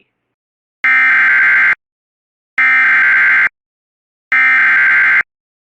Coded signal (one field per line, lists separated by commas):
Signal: Emergency Alert System (SAME) tones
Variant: header bursts